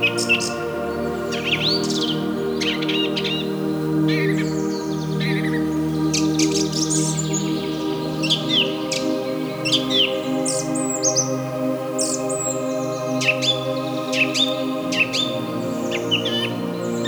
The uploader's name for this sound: Rainforest Activity